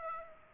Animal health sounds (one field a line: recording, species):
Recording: mosquito wingbeat signal from an infrared sensor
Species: Aedes aegypti